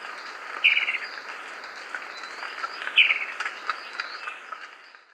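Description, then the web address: Bicolored antvireo calls: two short bright notes about two seconds apart, over a steady insect hum and busy forest background. Recorded in Ecuador. "Birds of Ecuador. Bicolored Antvireo"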